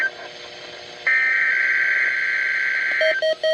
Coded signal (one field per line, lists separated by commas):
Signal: Emergency Alert System (SAME) tones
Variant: header bursts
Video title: Required Weekly Test | EAS #101